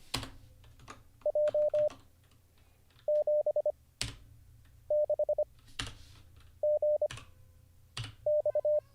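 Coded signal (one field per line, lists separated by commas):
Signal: Morse code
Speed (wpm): 25 wpm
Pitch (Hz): 600 Hz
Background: none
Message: J 7 6 G X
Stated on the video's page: Morse learning practice livestream, drilling J, B, X, Z, 6, 7, 8, P, F, G and all characters mixed.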